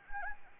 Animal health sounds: mosquito wingbeat signal from an infrared sensor; Anopheles gambiae

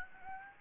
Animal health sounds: mosquito wingbeat signal from an infrared sensor; Aedes aegypti

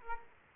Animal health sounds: mosquito wingbeat signal from an infrared sensor; Aedes aegypti

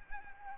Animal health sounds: mosquito wingbeat signal from an infrared sensor; Aedes aegypti

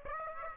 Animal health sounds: mosquito wingbeat signal from an infrared sensor; Aedes aegypti

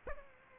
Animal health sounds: mosquito wingbeat signal from an infrared sensor; Aedes aegypti

